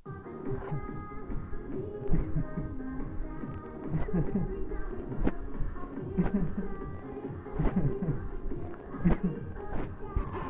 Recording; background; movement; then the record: laughter; music; sitting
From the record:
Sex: male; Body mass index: 20.5 kg/m2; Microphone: on the chest, facing the body